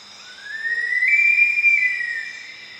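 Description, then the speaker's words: Green-backed Kingfisher song: a single long whistle that rises slowly, holds steady, then fades. Recorded on the island of Sulawesi, Indonesia; song described as dramatic and haunting. "here's the song of a green-backed kingfisher on the island of Sulawesi in Indonesia."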